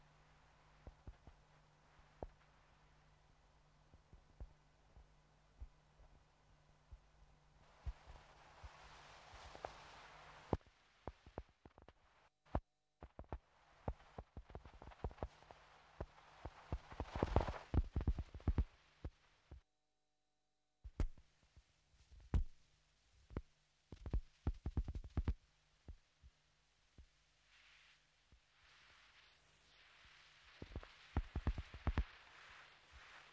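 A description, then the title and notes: Experimental electronic tape music: a low steady hum runs under scattered sharp clicks and thumps that cluster into dense bursts around 8–10, 15–19, 23–26 and 31–33 seconds. Abrupt cuts to near silence occur near 11 and 20 seconds, with hissy noise between bursts. Untitled No.3 recorded in one session 1999 in Düsseldorf, Germany silent experimental electronic music stereo tape recorder loop, DIY synthesizer, sine generator and a selection of pre recorded low frequency tape noises.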